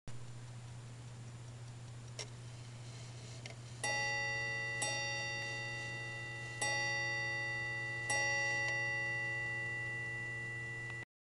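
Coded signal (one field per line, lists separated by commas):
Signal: ship's bell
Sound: faint click, then four ringing brass bell strikes, possibly in pairs, long sustain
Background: low electrical hum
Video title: Chelsea Brass ships bell clock chiming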